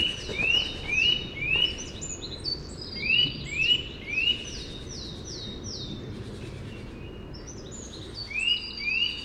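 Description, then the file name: Eurasian nuthatch repeating short rising whistled notes in quick series, mixed with high descending chirps. "Sitta europaea"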